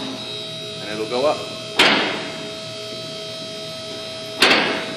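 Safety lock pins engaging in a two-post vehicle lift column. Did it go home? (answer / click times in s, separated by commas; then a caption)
yes / 1.8 s, 4.4 s. As a car rises on a Gray two-post alignment lift with the up button held, someone talks briefly over a steady motor hum. The lift column's steel safety lock pins click sharply into successive lock positions at 1.8 and 4.4 seconds. Each pin seats in place so the vehicle cannot come down on someone working beneath it.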